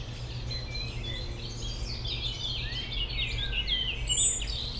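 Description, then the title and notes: European robin delivering quick, high, liquid warbled notes within a chorus of chirping birds, a low rumbling hum throughout and a shrill high note near the end. Robin in the foreground in Bois de Memard, a small peri-urban wood near the Jardin Vagabond, Aix-les-Bains, France, amid other birds; city and lake-boat rumble in background. "Dans le bois de Memard 73100 Aix-les-Bains, France - rouge gorge. Un rouge gorge au premier plan entouré de merles et autre oiseaux dans ce petit bois près du Jardin Vagabond, en zone péri urbaine, arrière plan de la rumeur de la ville et des bateaux sur le lac"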